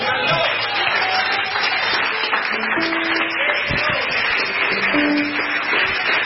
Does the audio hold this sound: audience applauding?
yes